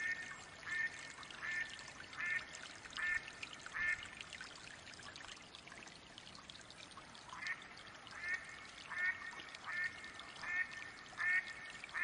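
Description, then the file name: Mallard quacks in two runs, each a series of harsh nasal notes repeated roughly every three quarters of a second, with a pause between runs and steady background hiss. Female hen, quacking calls. "Mallard duck quacking call sounds Female Hen"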